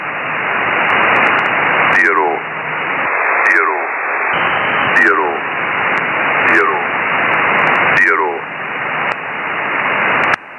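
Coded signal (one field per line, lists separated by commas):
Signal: numbers station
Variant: E06, English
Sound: short evenly spaced spoken words buried in loud radio hiss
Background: radio static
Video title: Number Station E06, Russian intelligence, in English.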